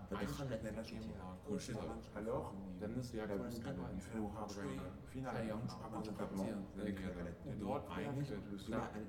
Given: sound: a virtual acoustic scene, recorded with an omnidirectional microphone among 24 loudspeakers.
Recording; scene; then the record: noise of the scene; underground station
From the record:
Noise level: 70 dB SPL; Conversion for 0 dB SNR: 0.7 dB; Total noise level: 70.7 dB SPL